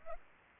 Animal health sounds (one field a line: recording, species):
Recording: mosquito wingbeat signal from an infrared sensor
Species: Culex pipiens